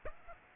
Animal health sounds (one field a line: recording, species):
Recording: mosquito wingbeat signal from an infrared sensor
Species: Aedes aegypti